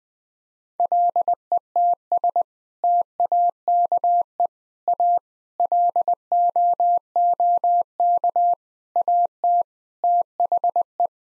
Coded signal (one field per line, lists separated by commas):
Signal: Morse code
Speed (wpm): 20 wpm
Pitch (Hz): 700 Hz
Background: none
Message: LETS TAKE A LOOK AT THE